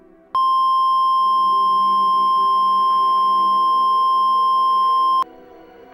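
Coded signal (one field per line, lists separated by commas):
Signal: Emergency Alert System (SAME) tones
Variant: 1050 Hz attention tone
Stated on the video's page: Fictional tornado scenario using valid EAS tones.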